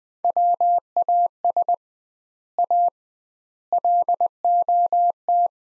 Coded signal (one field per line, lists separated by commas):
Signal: Morse code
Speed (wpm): 20 wpm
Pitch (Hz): 700 Hz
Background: none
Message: WAS A LOT